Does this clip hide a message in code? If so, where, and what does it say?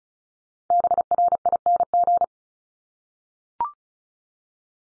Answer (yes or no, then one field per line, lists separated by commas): yes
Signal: Morse code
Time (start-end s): 0.7-2.2 s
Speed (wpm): 36 wpm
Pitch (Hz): 700 Hz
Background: none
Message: BRING